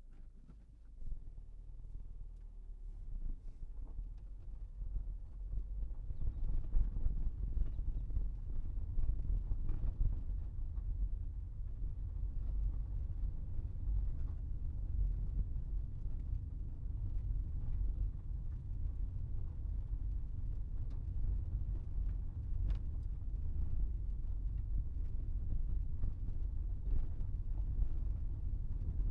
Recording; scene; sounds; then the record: everyday scene through a hearing-aid microphone; in a vehicle; engine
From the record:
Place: Berlingo II, diesel engine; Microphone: behind the ear, right, rear